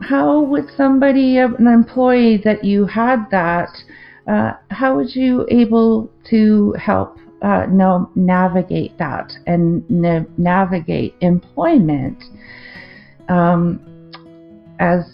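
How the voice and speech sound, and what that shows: Adult woman with aphasia after a stroke affecting the language centre of the left brain, speaking in halting, non-fluent phrases with word-finding difficulty, restarts, drawn-out sounds and filled pauses.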